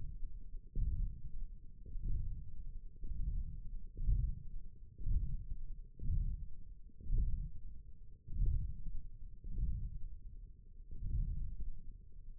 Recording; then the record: forearm muscle sounds (acoustic myography)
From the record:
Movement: radial deviation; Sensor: system 1, eight BSWA MPA416 microphones around the upper forearm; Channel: 1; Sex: female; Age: 22 years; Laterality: right